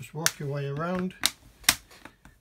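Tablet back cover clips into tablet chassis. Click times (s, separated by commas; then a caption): 1.7 s. A plastic back cover is pressed down around the edge of an Asus Memo Pad tablet while someone talks. A loud, sharp click at 1.7 s is another of the cover's clips snapping home into the tablet chassis, and fainter clicks follow. The clip seats.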